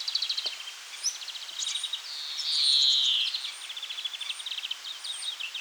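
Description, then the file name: European greenfinch giving trilled twitters broken by a long, drawn-out nasal wheeze, then more rapid rattling trills, with a few thin high notes above. "Chloris chloris"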